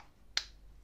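A laser unit (or its cover) is pushed into a Crosman Night Stalker metal CO2 BB pistol. A single sharp snap is heard at 0.4 s, with no talk in this clip. The part seats in its place.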